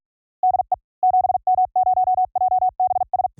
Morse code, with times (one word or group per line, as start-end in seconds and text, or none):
0.4-0.7 DE
1.0-3.3 7M0JBS